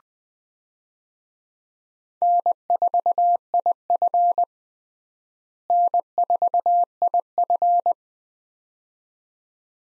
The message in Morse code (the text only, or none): N4IF N4IF